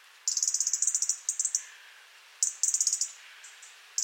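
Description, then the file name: European robin producing quick strings of high, clicking ticks in several bursts, some longer runs and some short pairs, over a quiet background. "Erithacus rubecula"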